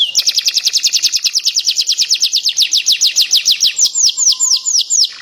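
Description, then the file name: Atlantic canary singing a fast run of repeated high, down-slurred notes that gradually slow into longer sweeping phrases, with a faint steady whistle tone briefly underneath. Standard-type canary (kenari standar) singing. "suara kicauan kenari standar. omkicau"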